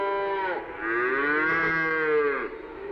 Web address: Matthew Kramer. Cows